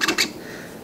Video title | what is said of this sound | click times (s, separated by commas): 【分解・清掃・組立】【HARIO/ハリオ】コーヒーグラインダー・PRO CGP-2-B [689th] | 緩んでくるとカシッとね、こう中のバネの力でビょンって外れます。 | 0.0 s